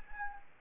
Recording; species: mosquito wingbeat signal from an infrared sensor; Anopheles gambiae